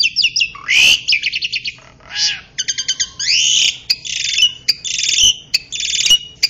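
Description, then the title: Oriental magpie-robin song of loud, varied phrases: quick repeated notes, rising whistles and harsh buzzy bursts, interrupted by several sharp clicks. "Kicau Kacer"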